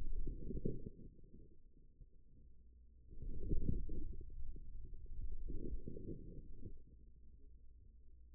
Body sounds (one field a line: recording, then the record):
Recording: forearm muscle sounds (acoustic myography)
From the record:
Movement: inward rotation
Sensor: system 2, bracelet of six BSWA MPA416 microphones around the upper forearm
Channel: 6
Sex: male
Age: 22 years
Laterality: right